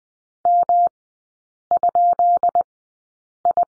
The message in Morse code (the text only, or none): M?I